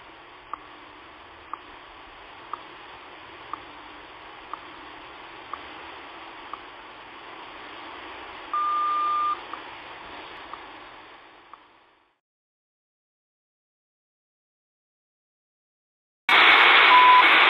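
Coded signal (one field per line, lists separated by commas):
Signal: radio time signal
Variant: WWVH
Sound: short ticks each second over static, one longer tone, silence, then loud hiss with tone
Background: radio static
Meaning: The longer tone marks the start of a minute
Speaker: At the tone, 5 hours, 30 minutes, coordinated universal time.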